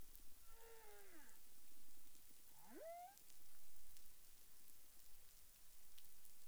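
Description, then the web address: Humpback whale calls: a drawn-out harmonic downsweep followed by a rising whoop that bends upward and levels off, set in continuous underwater hiss. Recorded 30 January 2021 at 12:42:58 UTC. "CARIMAM clean data humpback whale"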